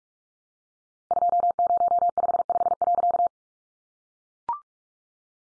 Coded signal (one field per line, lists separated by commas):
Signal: Morse code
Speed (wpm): 44 wpm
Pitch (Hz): 700 Hz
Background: none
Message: 2055.